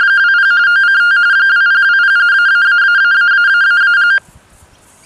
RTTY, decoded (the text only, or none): 20 OCT 2020 ----------